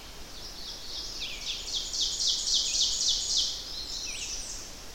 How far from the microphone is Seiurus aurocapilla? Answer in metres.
about 20 m